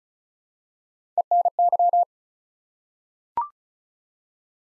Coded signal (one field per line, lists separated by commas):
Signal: Morse code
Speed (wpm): 36 wpm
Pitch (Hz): 700 Hz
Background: none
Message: ENY